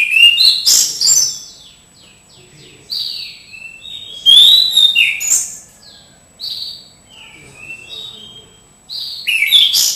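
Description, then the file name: Orange-headed Thrush singing varied sweet whistles and sliding notes in irregular bursts, separated by short pauses. "anis cendana"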